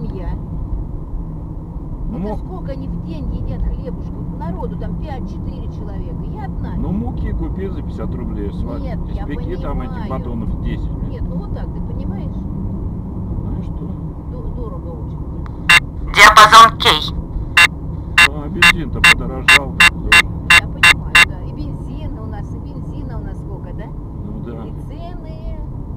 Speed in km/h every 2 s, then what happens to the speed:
50, 49, 51, 53, 53, 53, 53, 52, 52, 53, 52, 50, 49.
0-26 steady at about 52.